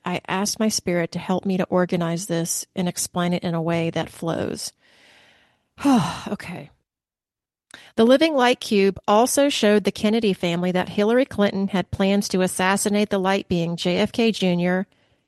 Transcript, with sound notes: I asked my spirit to help me to organize this and explain it in a way that flows. (sighs) Oh, okay. The Living Light Cube also showed the Kennedy family that Hillary Clinton had plans to assassinate the light being JFK Jr.,